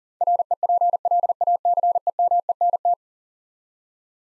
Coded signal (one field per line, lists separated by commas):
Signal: Morse code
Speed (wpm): 40 wpm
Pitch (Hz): 700 Hz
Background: none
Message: REPLACEMENT